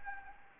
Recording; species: mosquito wingbeat signal from an infrared sensor; Anopheles arabiensis